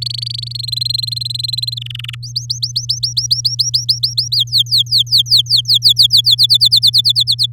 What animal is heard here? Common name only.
Domestic Canary